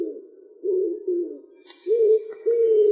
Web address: Columba palumbus